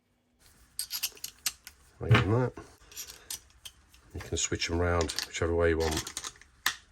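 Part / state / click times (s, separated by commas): reversible screwdriver shaft into handle / seated / 6.7 s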